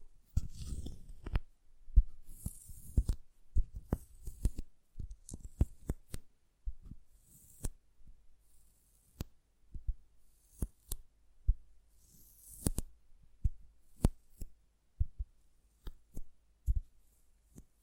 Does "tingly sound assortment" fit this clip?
yes